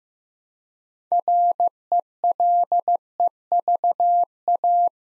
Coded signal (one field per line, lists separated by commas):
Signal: Morse code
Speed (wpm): 15 wpm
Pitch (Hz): 700 Hz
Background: none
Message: RELEVA